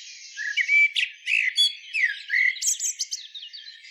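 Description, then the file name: Common blackbird song: a dense run of warbled whistles and sharp, high squeaky notes. "Turdus merula"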